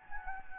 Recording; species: mosquito wingbeat signal from an infrared sensor; Anopheles gambiae